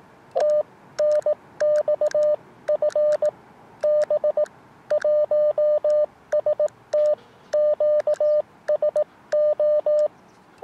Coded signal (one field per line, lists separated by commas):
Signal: Morse code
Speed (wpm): 18 wpm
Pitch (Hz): 600 Hz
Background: none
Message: TNX FB 1ST QSO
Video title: 10MHz CW 599BK +α QTH OP BURO 難しいところデコード付 初心者CW 河川敷でアンテナ調整 逆V型DP 河川敷シャック 2024/11/22 アマチュア無線 VLOG 570